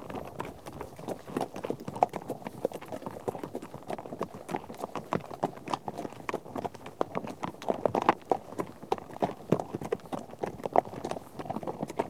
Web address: BBC Sound Effects Library - Horses Herd of horses out on trek